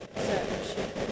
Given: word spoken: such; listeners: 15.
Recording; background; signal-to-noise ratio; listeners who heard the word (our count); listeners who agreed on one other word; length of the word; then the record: one English word in noise, from a listening test; noise modulated by three-talker babble; -6.9 dB; 0 of 15; 8 of 15; 0.72 s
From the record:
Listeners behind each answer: 8, 6, 1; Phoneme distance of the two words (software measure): 10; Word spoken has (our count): 1 syllable, 3 phonemes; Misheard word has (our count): 1 syllable, 3 phonemes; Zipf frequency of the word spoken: 5.50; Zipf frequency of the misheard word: 4.81